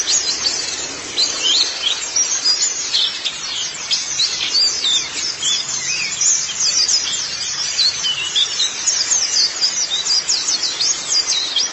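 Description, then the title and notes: White-eye song as an unbroken stream of very high, squeaky chirps and trills, busy and lively from start to finish over light background hiss. Twittering song. "Kicauan Burung Pleci Durasi Panjang. Suara kicauan burung pleci"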